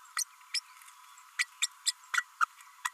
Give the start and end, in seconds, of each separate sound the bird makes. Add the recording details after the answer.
0.17-0.24, 0.54-0.60, 1.39-1.46, 1.61-1.67, 1.85-1.92, 2.13-2.24, 2.40-2.45, 2.84-2.89. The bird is a female. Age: 32 days. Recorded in a nest box in Venezuela. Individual 17B32A5